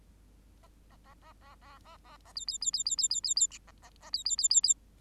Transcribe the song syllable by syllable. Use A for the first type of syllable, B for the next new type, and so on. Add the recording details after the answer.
A A A A A A A A A B B B B B B B B B C A A A B B B B B. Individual Bird8